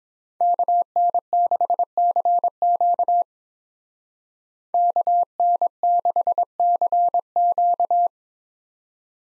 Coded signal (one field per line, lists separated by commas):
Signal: Morse code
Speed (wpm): 28 wpm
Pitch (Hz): 700 Hz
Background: none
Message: KN6CQ KN6CQ